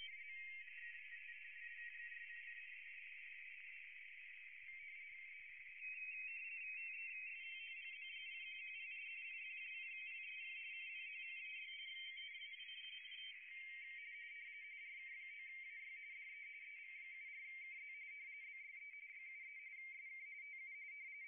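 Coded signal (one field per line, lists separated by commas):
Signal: RTTY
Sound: several overlapping fast warbling two-tone teleprinter signals, continuous chatter of high beeps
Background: radio band hiss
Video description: A.R.I. International DX Contest *** SO2V LP RTTY ***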